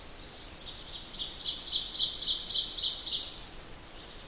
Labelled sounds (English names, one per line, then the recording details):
Ovenbird song
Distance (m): 15 m
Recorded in boreal forest in Alberta, Canada, on 8 June 2016 at 06:49
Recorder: SongMeter 3, array SBT-3-9
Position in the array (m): 48 m, 104 m
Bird 33